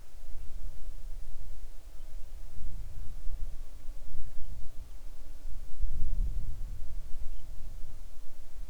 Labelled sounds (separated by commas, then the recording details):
bird, insects
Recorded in the Arctic National Wildlife Refuge, Alaska, on 6 July 2019 at 00:00
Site 39